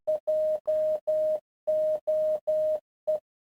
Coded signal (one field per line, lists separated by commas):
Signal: Morse code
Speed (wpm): 12 wpm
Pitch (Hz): 620 Hz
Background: none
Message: JOE